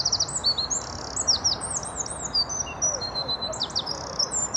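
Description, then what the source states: Eurasian wren song: a loud, bright, very high-pitched run of rapid notes and trills over a steady background hiss. Wren song, described as loud, bright, piercing and quite high-pitched.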